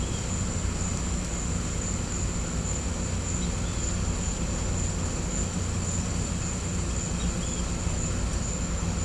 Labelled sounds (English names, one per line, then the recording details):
none
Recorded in pastures near Puerto Asís, Putumayo, Colombia, on 18 December 2024 at 16:30
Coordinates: 0.505, -76.324
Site G063